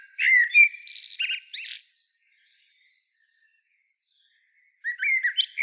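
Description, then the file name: Common blackbird song: loud fluty notes with high squeaky twitters, silence, then the start of another phrase. "Turdus merula"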